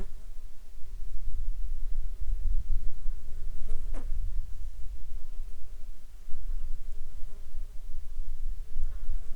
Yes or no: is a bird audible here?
no